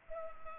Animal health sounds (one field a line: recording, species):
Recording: mosquito wingbeat signal from an infrared sensor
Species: Culex pipiens